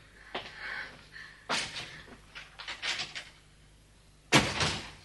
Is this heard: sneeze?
no